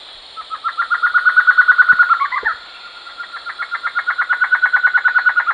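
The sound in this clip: Bird repeating rapid pulsed trills, one ending in tumbling lower notes, then a brief pause before another long trill builds up, with faint clicks.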